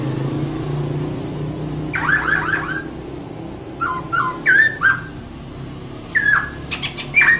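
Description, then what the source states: Laughingthrush song of loud slurred whistles and rough, buzzy chatters in short phrases, repeated several times against a constant low hum. Long rolling song (ngeroll panjang); recording meant for training cage birds.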